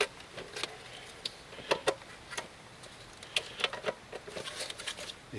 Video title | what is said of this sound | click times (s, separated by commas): MIMA full plugandplayinstall V4.wmv | one of those didn't click is it still in all right | 3.4 s